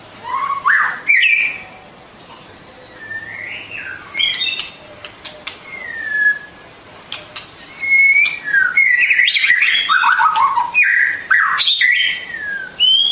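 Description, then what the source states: Bird song: scattered whistles and clicks at first, building into a busy chatter of rapid varied notes in the second half. Complete masteran birdsong for training.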